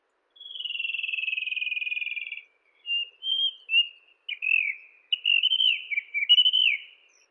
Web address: Monticola gularis song. birds of the ussr